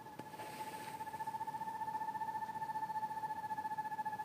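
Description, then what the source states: Asian barred owlet giving a continuous, fast pulsing whistle that stays level in pitch and grows slightly louder over the first seconds, over low background noise. Recorded 3 March 2021.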